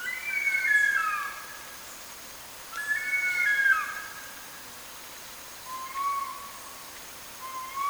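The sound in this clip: Bird singing clear whistled phrases, some bending down at the end, with short pauses between, over quiet background hiss.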